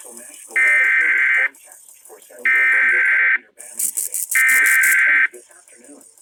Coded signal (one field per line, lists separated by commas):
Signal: Emergency Alert System (SAME) tones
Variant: header bursts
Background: speech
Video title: PENULTIMATE WEEKLY! NOAA Weather Radio EAS: Required Weekly Test (EAS #1,350 - 1,351)